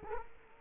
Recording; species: mosquito wingbeat signal from an infrared sensor; Culex quinquefasciatus